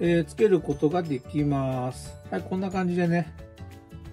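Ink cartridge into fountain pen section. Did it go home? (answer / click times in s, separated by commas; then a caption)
no / none. Someone talks while handling a fountain pen ink cartridge to push it into the pen's grip section, with music playing underneath. The cartridge has not yet snapped home and nothing has seated yet by the end of the clip.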